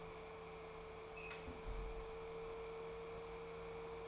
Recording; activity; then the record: daily activity, microphone in the room; close fridge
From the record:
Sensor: 1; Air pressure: 1015.0 hPa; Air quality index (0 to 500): 192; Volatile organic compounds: 21 ppm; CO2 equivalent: 2722 ppm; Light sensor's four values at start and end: 10/24/10/11 and 10/24/10/11